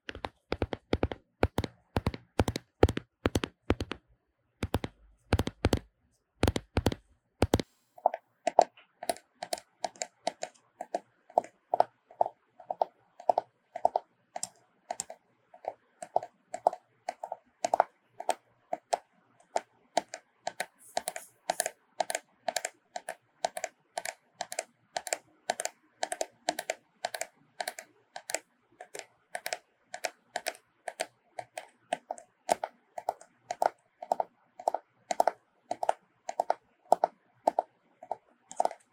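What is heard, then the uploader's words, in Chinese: Hard tapping on a phone and a camera lens. For the first eight seconds the taps are heavy, fuller knocks with short pauses. After that they become lighter, quick and steady, several per second, each with a slight glassy ring. 手機&相機鏡頭敲擊 | Phone Tapping | NO Talking | LO-FI。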